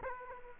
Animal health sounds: mosquito wingbeat signal from an infrared sensor; Aedes aegypti

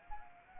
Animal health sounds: mosquito wingbeat signal from an infrared sensor; Anopheles arabiensis

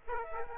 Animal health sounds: mosquito wingbeat signal from an infrared sensor; Aedes aegypti

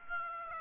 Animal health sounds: mosquito wingbeat signal from an infrared sensor; Aedes aegypti

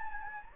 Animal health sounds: mosquito wingbeat signal from an infrared sensor; Anopheles gambiae

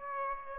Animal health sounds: mosquito wingbeat signal from an infrared sensor; Aedes aegypti

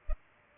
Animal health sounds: mosquito wingbeat signal from an infrared sensor; Culex pipiens

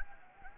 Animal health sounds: mosquito wingbeat signal from an infrared sensor; Anopheles gambiae

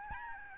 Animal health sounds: mosquito wingbeat signal from an infrared sensor; Aedes albopictus

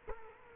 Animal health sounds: mosquito wingbeat signal from an infrared sensor; Culex quinquefasciatus

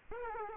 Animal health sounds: mosquito wingbeat signal from an infrared sensor; Aedes aegypti

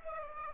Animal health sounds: mosquito wingbeat signal from an infrared sensor; Aedes aegypti

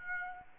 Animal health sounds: mosquito wingbeat signal from an infrared sensor; Aedes aegypti

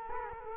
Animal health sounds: mosquito wingbeat signal from an infrared sensor; Culex quinquefasciatus

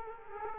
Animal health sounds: mosquito wingbeat signal from an infrared sensor; Culex quinquefasciatus

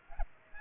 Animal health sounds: mosquito wingbeat signal from an infrared sensor; Aedes aegypti

